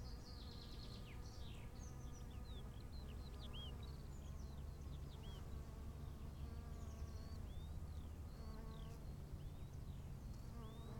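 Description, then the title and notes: Bees buzz in a sustained, slightly wavering hum, with many bird chirps and twitters and low wind noise. Bees at 15:15 on a field path to the Bruder-Klaus chapel in Wachendorf, with birds, wind and quiet. "wachendorf, feldweg. 15:15 feldweg zur bruder-klaus-kapelle, bienen, vögel, wind, stille"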